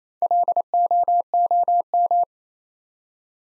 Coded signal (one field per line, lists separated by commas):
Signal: Morse code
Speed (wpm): 27 wpm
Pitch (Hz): 700 Hz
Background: none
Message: LOOM